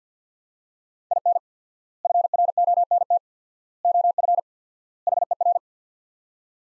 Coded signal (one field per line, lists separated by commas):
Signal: Morse code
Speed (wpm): 50 wpm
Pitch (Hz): 700 Hz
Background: none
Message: IN FRONT OF HER